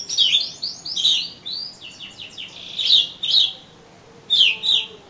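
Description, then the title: Oriental magpie-robin song with tumbling chirps and slurred whistles early on, then a few strong descending notes after a short silence. "Kacer Kacer"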